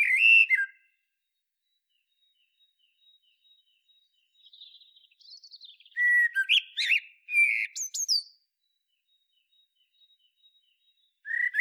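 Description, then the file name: Common blackbird singing: a short fluty phrase, a softer warble, then a louder phrase with sharp high squeaks, and another phrase beginning at the end. "Turdus merula"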